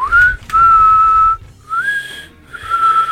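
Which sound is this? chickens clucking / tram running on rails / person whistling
person whistling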